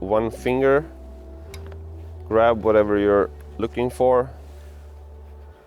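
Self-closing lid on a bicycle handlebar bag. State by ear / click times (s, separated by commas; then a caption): not seated / none. Someone talks over steady background music while handling the self-closing lid of an Ortlieb Ultimate 6 Plus bicycle handlebar bag, with a few faint brief ticks around 1.5 to 1.7 s. The clip ends before the lid closes, so nothing has snapped shut or seated yet.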